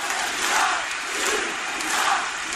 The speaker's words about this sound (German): Die Masse ist frenetisch am Feiern, aber jetzt kommt die kalte Dusche, jetzt.